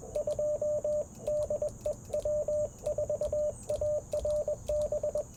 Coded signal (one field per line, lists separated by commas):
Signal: Morse code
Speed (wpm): 20 wpm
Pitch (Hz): 600 Hz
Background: radio noise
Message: 2 DE W4ARB